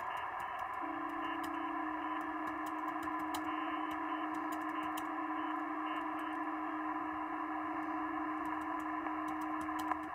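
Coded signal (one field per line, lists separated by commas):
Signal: PSK31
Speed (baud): 31.25 baud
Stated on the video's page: PSK31 sent from home in an RV during a Digital Mode Revival live stream.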